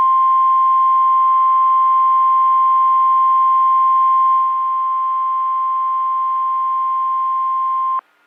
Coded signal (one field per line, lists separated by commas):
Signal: Emergency Alert System (SAME) tones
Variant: 1050 Hz attention tone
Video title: FEELS LIKE A MODERATE RISK! EAS Alerts from 3/31/2023! [EAS #1292 - #1346]